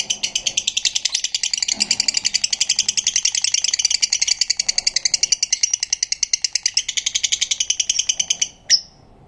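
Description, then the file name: Black-cheeked lovebird giving a long, fast, even chatter of high shrill notes, continuing unbroken for several seconds before stopping abruptly. "canto do periquito de bochechas pretas"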